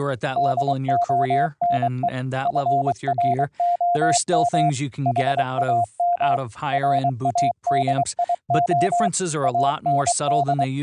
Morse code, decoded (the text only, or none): DONE FROM HAM RADIO AND